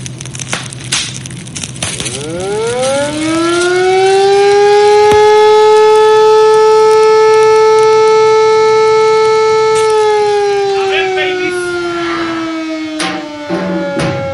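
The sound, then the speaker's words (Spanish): A loud alarm siren winds up from a low growl to a steady, piercing wail, holds its pitch for several seconds, then slowly sinks as it winds down amid faint crackling. “Que prenda la hoguera, que suene la alarma.”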